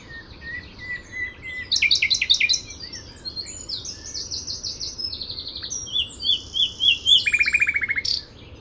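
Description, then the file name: Common nightingale song: a rich flow of varied phrases, with repeated sharp notes, high whistles and a fast buzzing trill near the end. "Luscinia megarhynchos"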